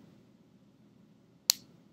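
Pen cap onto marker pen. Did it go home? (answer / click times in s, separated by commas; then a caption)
yes / 1.5 s. A pen cap is pressed back onto a marker pen over a faint low background hum. At 1.5 seconds a short, sharp, very quiet click rings out as the cap seats, with a tiny faint tick just after.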